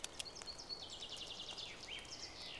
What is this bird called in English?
Common Chaffinch